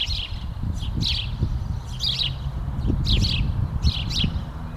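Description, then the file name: House sparrow giving short chirps in small bursts at fairly regular intervals, with a continuous low hum and rumble underneath. "Passer domesticus"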